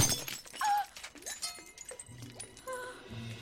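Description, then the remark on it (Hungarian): A fake ruby made of glass is smashed with a sharp crash, followed by a scatter of tinkling, bouncing shards that skitter and clink for a few seconds. “Egy igazi rubintot nem lehet összetörni.”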